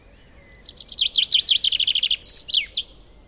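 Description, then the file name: Common chaffinch song: one complete phrase of rapid, repeated notes that drop in pitch, then finish with a loud, emphatic terminal flourish. "Fringilla coelebs"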